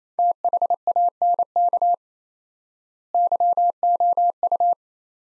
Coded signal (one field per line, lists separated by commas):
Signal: Morse code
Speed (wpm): 28 wpm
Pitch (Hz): 700 Hz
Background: none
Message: THANK YOU